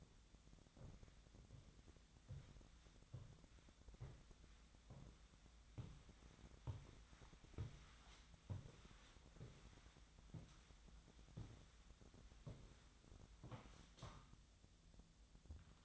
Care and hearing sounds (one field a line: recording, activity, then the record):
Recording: daily activity, microphone in the room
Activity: walk to room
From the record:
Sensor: 3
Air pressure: 1010.0 hPa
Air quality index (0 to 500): 182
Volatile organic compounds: 13 ppm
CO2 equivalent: 2381 ppm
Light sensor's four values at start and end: 42/105/45/49 and 43/105/46/49